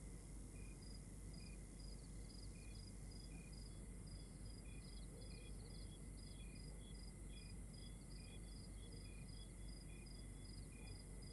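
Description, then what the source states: Chorus of crickets giving quick high chirps at several pitches, layered over a continuous whining tone and deep background noise. Exterior night ambience recorded in Rwanda.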